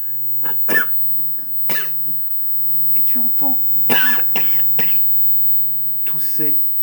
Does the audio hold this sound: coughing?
yes